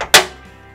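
A plastic filler plate is pushed into an empty breaker slot in the metal dead-front cover of an electrical panel, filling the opening for safety. Two quick hits are heard, a softer one at 0.0 s and a loud sharp snap at 0.1 s, followed by a fading ring. The plate is seated in place.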